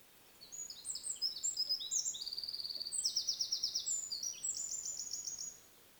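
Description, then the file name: Eurasian wren song: vigorous high-pitched warbling with fast repeated notes and rattling trills, delivered in one continuous five-second phrase. "Troglodytes troglodytes"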